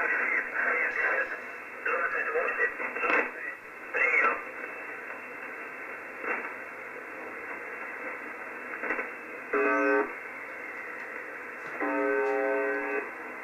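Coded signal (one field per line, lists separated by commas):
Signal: numbers station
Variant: UVB-76, Russian voice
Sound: faint voice through heavy shortwave noise, then two short harsh buzzes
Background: radio static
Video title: UVB-76, "The Buzzer", 4625 kHz, Encrypted transmission in Russian, UTC 2015-10-29 17:17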